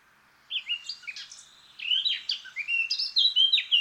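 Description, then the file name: Eurasian blackcap warbling, a quick scratchy start then louder fluting whistles. "Sylvia atricapilla"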